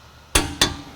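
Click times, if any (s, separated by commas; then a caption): 0.4 s, 0.6 s. A click-type torque wrench tightens a brake caliper bracket bolt to 65 ft-lb on an Acura MDX. It gives a sharp double click at 0.4 s and 0.6 s as it reaches the setting, confirming the bolt is torqued.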